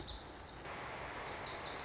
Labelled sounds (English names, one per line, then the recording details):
Lazuli Bunting
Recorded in Sonoma County, California